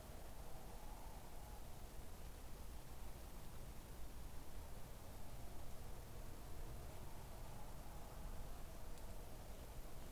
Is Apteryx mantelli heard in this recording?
no